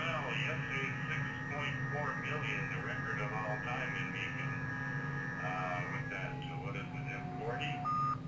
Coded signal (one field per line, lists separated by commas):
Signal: FT8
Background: speech